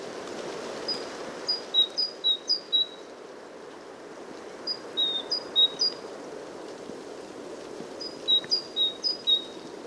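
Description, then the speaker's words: Great tit song: three bursts of clear, high two-note phrases, each repeated several times, over steady wind noise. Great tit singing in winter by a lake in a national park in Sweden, with wind through the trees in the background. "It's actually an excellent opportunity to record common species, such as this singing great tit."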